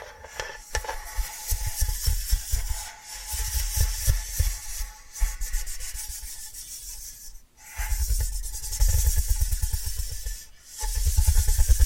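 Rapid scratching and rubbing come in dense bursts of fast, regular strokes with low thumps, broken by brief pauses near 3, 7.5 and 10.7 seconds.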